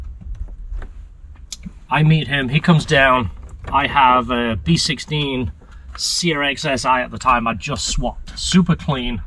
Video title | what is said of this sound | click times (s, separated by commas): Steering Rack problem in the CRX, A little back story Part 14 | look at that as the young people would say satisfying click | 1.5 s